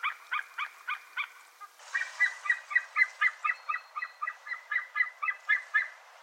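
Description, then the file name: White-tailed eagle calling in rapid yelping bursts, sharp clipped notes about four a second, a short series, then a longer run. "HAVOERN"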